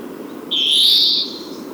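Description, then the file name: European greenfinch giving one drawn-out nasal wheeze, a buzzy note lasting under a second that fades at the end, over faint low background noise. "Chloris chloris"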